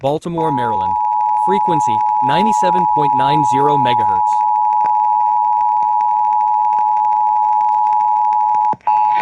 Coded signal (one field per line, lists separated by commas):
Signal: Emergency Alert System (SAME) tones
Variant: 853 and 960 Hz attention tone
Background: speech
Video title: Baltimore Area SVR on 98ROCK (97.9 WIYY) EAS #3,621 More Lamar Arisons Tech #shorts